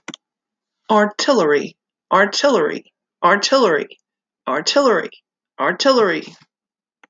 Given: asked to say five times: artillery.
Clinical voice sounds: repeated word; female; 50 to 59 years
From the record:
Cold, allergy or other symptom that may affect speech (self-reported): no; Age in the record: 51 years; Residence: Arkansas, United States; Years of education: 6

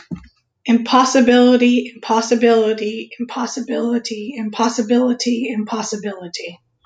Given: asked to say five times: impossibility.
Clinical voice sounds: repeated word; female; 30 to 39 years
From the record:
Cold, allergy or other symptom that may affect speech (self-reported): no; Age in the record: 30 years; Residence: South Carolina, United States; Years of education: 12

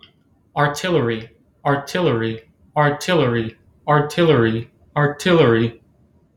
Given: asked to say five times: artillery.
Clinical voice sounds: repeated word; male; 20 to 29 years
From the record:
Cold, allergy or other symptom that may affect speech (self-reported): no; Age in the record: 28 years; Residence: Connecticut, United States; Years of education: 20

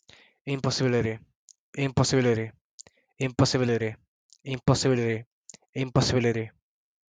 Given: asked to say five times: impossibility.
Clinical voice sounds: repeated word; male; 20 to 29 years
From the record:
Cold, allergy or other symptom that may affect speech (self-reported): no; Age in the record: 26 years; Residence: Texas, United States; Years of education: 15

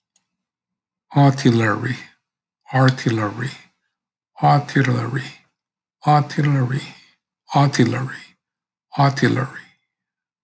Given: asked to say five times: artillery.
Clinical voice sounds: repeated word; male; 50 to 59 years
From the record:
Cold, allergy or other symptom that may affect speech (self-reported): no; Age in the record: 58 years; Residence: New Jersey, United States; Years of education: 16

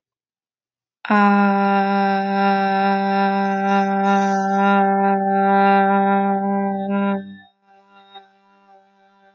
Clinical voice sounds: vowel held as long as possible; female; 20 to 29 years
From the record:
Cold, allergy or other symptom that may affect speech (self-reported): no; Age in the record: 25 years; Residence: Ohio, United States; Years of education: 16

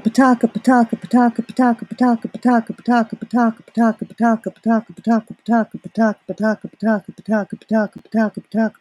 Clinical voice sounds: repeated syllables /pa ta ka/; female; 40 to 49 years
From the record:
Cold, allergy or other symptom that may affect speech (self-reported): no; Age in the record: 44 years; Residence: Illinois, United States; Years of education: 12

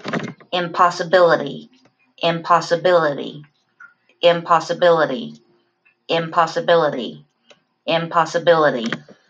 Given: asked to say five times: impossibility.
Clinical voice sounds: repeated word; female; 20 to 29 years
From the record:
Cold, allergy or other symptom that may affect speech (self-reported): no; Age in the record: 28 years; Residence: North Carolina, United States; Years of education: 8

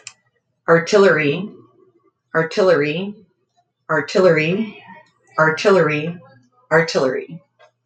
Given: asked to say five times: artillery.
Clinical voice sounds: repeated word; female; 40 to 49 years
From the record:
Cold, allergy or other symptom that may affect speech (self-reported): no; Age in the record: 46 years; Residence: Minnesota, United States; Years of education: 15

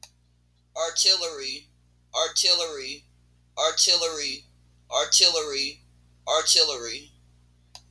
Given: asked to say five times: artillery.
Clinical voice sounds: repeated word; female; 30 to 39 years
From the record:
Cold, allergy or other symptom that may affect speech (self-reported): no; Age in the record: 37 years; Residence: Tennessee, United States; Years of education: 12

